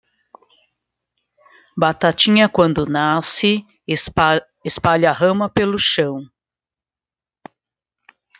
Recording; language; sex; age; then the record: short text; Brazilian Portuguese; female; 50 to 59 years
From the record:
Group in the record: control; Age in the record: 51 years